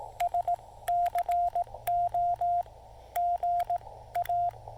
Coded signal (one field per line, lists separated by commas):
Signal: Morse code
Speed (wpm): 17 wpm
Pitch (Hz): 700 Hz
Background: radio noise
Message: SCO GA